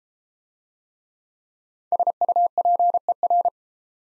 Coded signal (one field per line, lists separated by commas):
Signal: Morse code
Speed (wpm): 29 wpm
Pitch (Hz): 700 Hz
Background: none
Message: SUPER